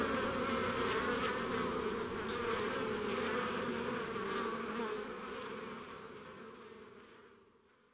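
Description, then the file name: Honey bees: a constant hum of many bees, fading gradually away over the final seconds. Recorded in front of the hive at Jaujac, Ardèche. "Devant la ruche Jaujac Ambiances Sonores d Ardeche Studio Les Trois Becs"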